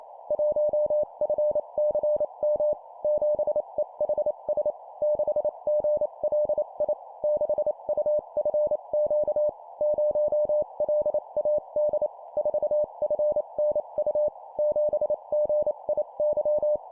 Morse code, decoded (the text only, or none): 1FCM 7EHS 6GLI 6UFQ 0LAD 4FNU 7GIY